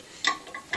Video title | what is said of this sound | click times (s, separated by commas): How To Build The AR-15: The Correct Way To Torque A Barrel Nut (Part 1) | that's how it locks in place to get you your torque specifications | 0.6 s, 0.7 s